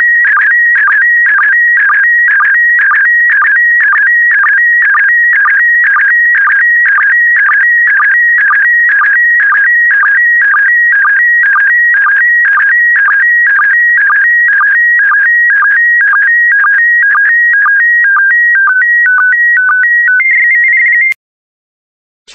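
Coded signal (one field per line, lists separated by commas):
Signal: SSTV (slow-scan television)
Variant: PD120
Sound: rapid warbling tone alternating two pitches with regular low blips, ending in steady tone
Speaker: the next image transmission will start in 10 seconds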